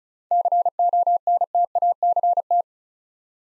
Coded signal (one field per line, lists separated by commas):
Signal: Morse code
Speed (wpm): 36 wpm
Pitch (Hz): 700 Hz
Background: none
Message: CONTACT